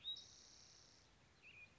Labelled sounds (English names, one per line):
Spotted Towhee